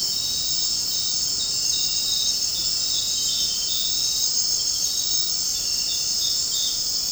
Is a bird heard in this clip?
no